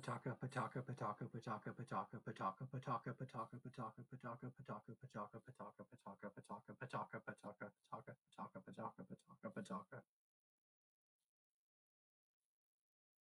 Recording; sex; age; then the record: repeated syllables /pa ta ka/; male; 30 to 39 years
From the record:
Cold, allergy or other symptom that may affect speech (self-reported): no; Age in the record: 35 years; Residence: California, United States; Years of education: 24